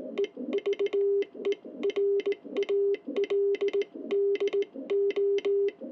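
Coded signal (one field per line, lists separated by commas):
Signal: Morse code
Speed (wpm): 18 wpm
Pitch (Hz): 400 Hz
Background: music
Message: EVERALDO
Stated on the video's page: Straight key QSO with a station in Italy.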